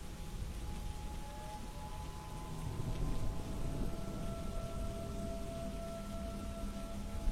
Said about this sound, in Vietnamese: Tiếng nước mưa trên mái ngói cứ ào ào trút xuống, làm cho bà không nhận ra sự lạ.